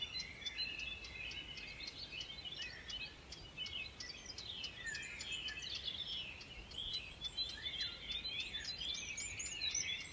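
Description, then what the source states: Busy birdsong chorus with rapid high ticking notes and continuous warbled phrases from several birds overlapping throughout. Birdsong recorded in the Ardèche at 6 a.m.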